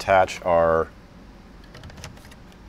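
Someone talks briefly while handling plastic air vents about to be pressed into the back of the new dash trim bezel during a Toyota 4Runner (2010–2024) Alpine iLX-F509 installation. A few faint, quick plastic taps of handling follow, around 1.8 to 2.0 seconds. Nothing has seated or clicked yet.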